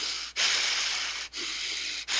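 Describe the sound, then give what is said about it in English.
A voice imitates heavy, creepy breathing: three long, loud, hissing breaths in a steady rhythm, each separated by a brief pause, with no talking. “I could literally hear this dude just breathing, just.”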